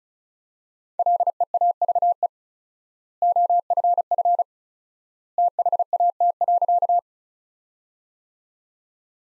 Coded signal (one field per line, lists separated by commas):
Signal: Morse code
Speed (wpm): 36 wpm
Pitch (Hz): 700 Hz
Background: none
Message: LEAVE OFF THAT.